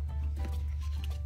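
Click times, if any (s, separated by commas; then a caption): none. Small plastic parts are handled and positioned at the shock tower of a Team Associated DR10M RC car, pointing back, over a steady low hum with light rustling and a brief sharp tick near 1.0 s. Nothing has seated or clicked into place yet.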